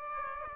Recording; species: mosquito wingbeat signal from an infrared sensor; Aedes aegypti